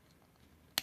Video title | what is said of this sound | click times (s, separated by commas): Toys R Us Transformers Masterpiece MP02 Soundwave w/Cassettes CHILL REVIEW | do that on this side push it in until it clicks | 0.8 s